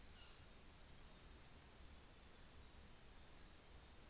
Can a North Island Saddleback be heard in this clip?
yes